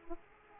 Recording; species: mosquito wingbeat signal from an infrared sensor; Aedes aegypti